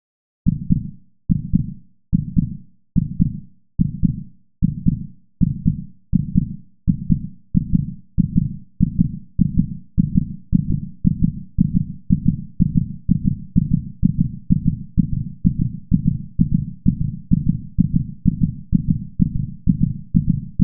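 An adult's heartbeat: a steady run of dull, low thumps repeats throughout, starting at a moderate pace and quickening toward a fast rate by the end. These are ordinary heart sounds with no other noise in the background.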